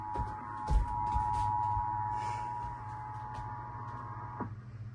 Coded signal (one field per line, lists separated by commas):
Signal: Emergency Alert System (SAME) tones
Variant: 853 and 960 Hz attention tone